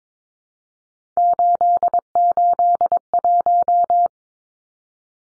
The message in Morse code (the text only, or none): 881